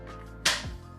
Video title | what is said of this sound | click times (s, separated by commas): How To Open A Xbox One (Original) - Clean - Thermal Paste - Fix | and get it snapped back into place | 0.5 s